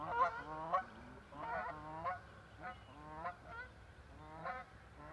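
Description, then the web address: Canada goose honking: harsh nasal honks with rich layered tones, given irregularly about twice a second. "cantos gansocanadiense"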